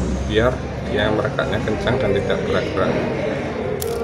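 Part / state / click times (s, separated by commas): coaxial cable into CCTV DC/BNC connector clamp / seated / 3.8 s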